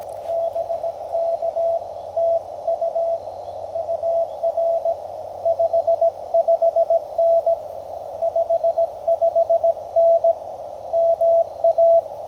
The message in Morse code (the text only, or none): BK TU UR 55N 55N MA